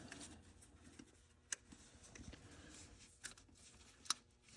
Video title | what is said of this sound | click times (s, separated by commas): Replace BOTH Catalytic Converters (’11–’20 Grand Caravan / ’11–’16 Town & Country / ’12–’16 Routan) | Hear it click. | 1.5 s, 4.1 s